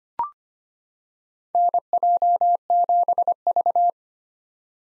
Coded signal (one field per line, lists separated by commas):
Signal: Morse code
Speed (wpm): 25 wpm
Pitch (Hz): 700 Hz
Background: none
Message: NJ7V